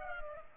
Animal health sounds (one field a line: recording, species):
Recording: mosquito wingbeat signal from an infrared sensor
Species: Culex pipiens